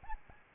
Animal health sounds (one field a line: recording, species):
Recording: mosquito wingbeat signal from an infrared sensor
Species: Aedes albopictus